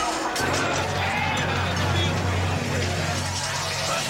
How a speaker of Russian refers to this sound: Толпа разбегается.